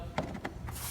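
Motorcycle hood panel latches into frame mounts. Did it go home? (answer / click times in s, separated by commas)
no / none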